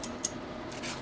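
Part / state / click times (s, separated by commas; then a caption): inside turn snib on a mortice lock / seated / 0.0 s, 0.2 s. A short stubby inside turn snib fitted to a Carbine Longreach mortice lock is turned, giving two crisp detent clicks at about 0.0 and 0.3 seconds. A faint soft rustle follows near the end. The snib clicks into its detent positions as intended.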